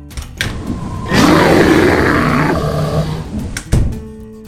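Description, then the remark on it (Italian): A sleepy bear lets out a long, deep, growling roar lasting a couple of seconds, rough and throaty with a wavering pitch, followed by a short sharp thump. “Ma è un orso!”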